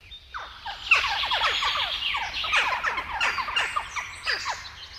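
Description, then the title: Western jackdaws calling, a busy flock of short downslurred chack notes overlapping constantly, some louder than others. "Viikon luontoääni: Naakka"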